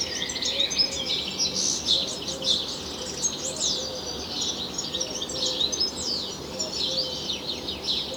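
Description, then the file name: European goldfinch twittering continuously, bright liquid notes and quick descending slurs tumbling together throughout, over a soft low background hum. "Carduelis carduelis"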